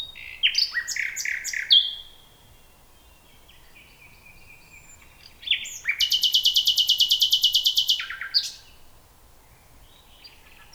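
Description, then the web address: Common nightingale song: a burst of varied chirping notes, a long pure whistle, then after a pause a loud, fast, machine-gun-like rattle of repeated pulses. "nachtegaal luscinia megarhynchos"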